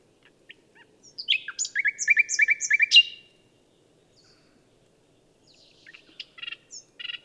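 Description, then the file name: Common nightingale song: a loud, fast run of repeated piping notes with higher chips above, then quieter scattered notes after a short pause. "Luscinia megarhynchos"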